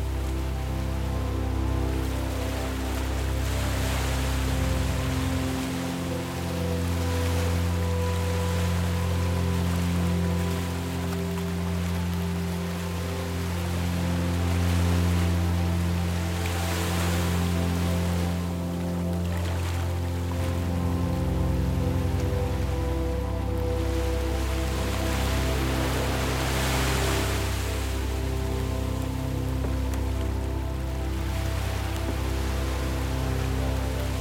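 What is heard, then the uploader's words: Ocean waves wash against the shore with a soft, steady hiss, swelling in brighter surges around 4, 15, 23 and 27 seconds. Beneath them a calm ambient soundtrack holds long, low sustained tones, with a deeper bass note entering near 6 seconds and fading around 21. Peaceful ocean waves meeting the shore with a serene ambient soundtrack.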